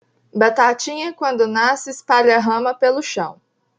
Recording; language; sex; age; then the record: short text; Brazilian Portuguese; female; 20 to 29 years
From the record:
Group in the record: control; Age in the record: 23 years